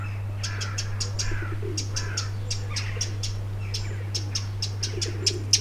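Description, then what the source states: Wren calls, rapid dry ticks in short bursts, over a continuous low hum. Loud contact calls; back garden; 25 June 2021, evening, 19:00 UTC.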